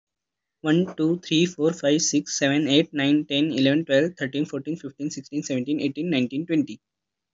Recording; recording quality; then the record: counting at a fast pace; excellent, no background noise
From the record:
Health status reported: healthy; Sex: male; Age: 22 years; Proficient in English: yes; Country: India